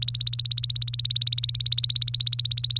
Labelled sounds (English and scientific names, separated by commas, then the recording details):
Domestic Canary (Serinus canaria) song
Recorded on 24 April 2018 at 06:14
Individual llb3